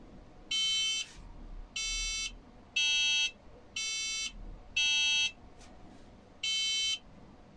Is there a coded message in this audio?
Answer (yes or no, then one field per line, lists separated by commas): no